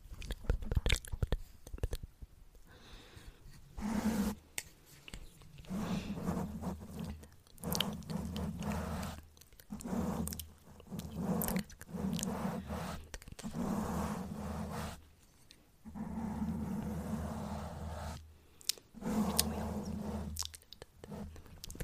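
Soft unintelligible whispers and wet mouth sounds come in short bursts, separated by brief silences every second or two. Sharp clicks and light taps punctuate the pauses, while the breathy whispering shows a low steady hum beneath it, throughout.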